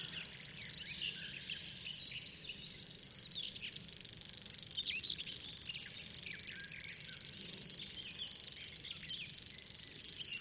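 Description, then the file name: Common grasshopper warbler reeling, a high continuous insect-like trill sustained for seconds, briefly stopping then resuming, with faint chirps of other birds beneath. "Locustelle tachetee"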